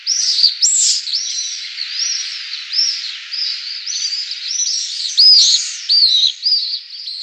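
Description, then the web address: Pallid swift screaming calls, many shrill, buzzy, arched notes overlapping in a steady chorus. "Schulze Peter Pallid Swift"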